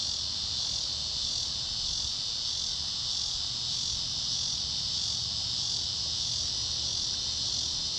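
Tibicen marginalis song: an unbroken shrill buzz, constant in pitch, with a gentle wavering pulse and low background rumble.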